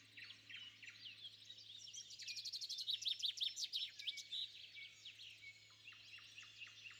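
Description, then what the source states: Many birds chirping and trilling together, a fast run of sharp notes peaking midway before settling into scattered calls, a low steady hum beneath. Bird calls recorded at sunrise.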